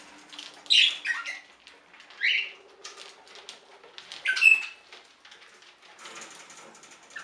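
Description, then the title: Budgerigar chirps, a few scattered bright squeaky notes separated by quieter gaps with faint soft chatter between. "Budgie Sounds"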